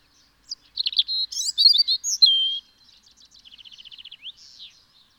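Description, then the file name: European robin song: a rapid jumble of high thin whistles, trills and sliding notes, followed by a soft fast rattle and a few thin notes. "Erithacus rubecula"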